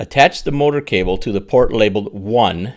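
Someone talks while the motor cable plug is being handled at the desk control box port labeled one. Nothing has clicked or seated yet.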